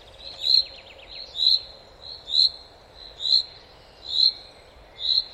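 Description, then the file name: Common chaffinch calling with short, clear metallic notes roughly once a second, six louder ones in all. "Fringilla coelebs"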